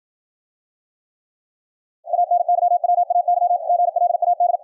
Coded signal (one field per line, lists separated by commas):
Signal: Morse code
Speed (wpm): 54 wpm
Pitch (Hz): 700 Hz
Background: none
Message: ANYWAY GLAD